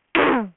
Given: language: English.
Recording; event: throat vibration sensor signal played as sound; throat clearing